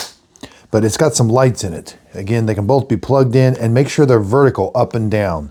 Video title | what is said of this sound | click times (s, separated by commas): Air Wick Advanced Plug in vs Air Wick Plug in Comparison | now the advanced again takes the same refill push it in till it clicks | 0.4 s